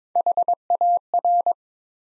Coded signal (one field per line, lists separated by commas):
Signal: Morse code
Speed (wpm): 22 wpm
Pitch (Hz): 700 Hz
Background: none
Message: HAR